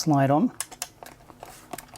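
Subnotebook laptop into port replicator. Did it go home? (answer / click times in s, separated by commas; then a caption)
yes / 0.8 s. Someone talks as a small subnotebook laptop is slid onto its port replicator (docking base). A sharp click at 0.8 s marks it seating into place, followed by a few quieter knocks and taps.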